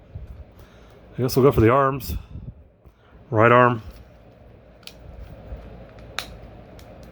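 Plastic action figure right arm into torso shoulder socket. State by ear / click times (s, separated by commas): seated / 6.2 s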